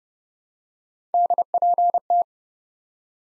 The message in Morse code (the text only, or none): DPT